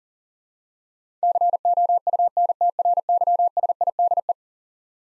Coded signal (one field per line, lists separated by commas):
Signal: Morse code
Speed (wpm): 40 wpm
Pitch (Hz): 700 Hz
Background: none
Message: COUNTRYSIDE